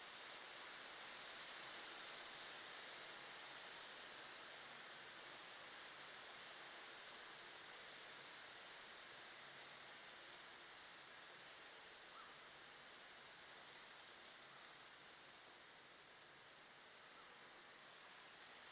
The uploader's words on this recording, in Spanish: Lluvia. Agua.